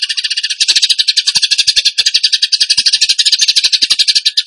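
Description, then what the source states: Bird song: one sustained, fast, high trill of closely packed chattering notes, getting louder after the first half second and keeping a steady pace. Bird song in the tembakan gacor style, used as masteran (training for other birds).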